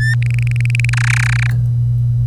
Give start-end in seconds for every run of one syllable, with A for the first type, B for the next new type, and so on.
0.00-0.15 A, 0.22-0.90 B, 0.93-1.51 C